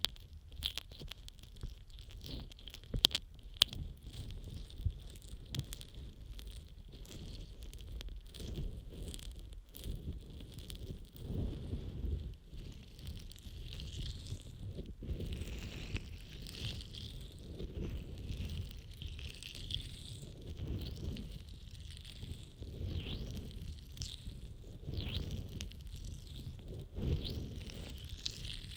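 Close rubbing and stroking sounds from an ear massage, dense and continuous, with muffled low swishes, brighter scratchy bursts, and occasional sharp taps early on.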